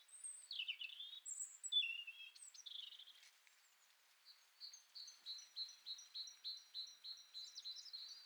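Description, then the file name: Great tit calling: several sliding, scratchy high notes and chirps first, then a steady run of short, bright repeated notes for the last half. "Parus major"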